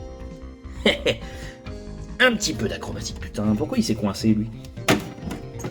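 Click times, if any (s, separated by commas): 4.9 s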